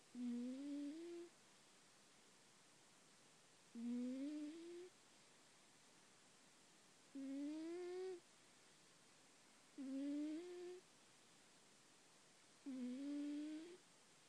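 Five whistling tones, each about a second long and rising slightly in pitch, come at roughly 19 per minute against a quiet room background. This is a cat named Rip snoring, with a squeaky, whistly quality on each sleeping breath.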